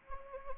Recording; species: mosquito wingbeat signal from an infrared sensor; Anopheles arabiensis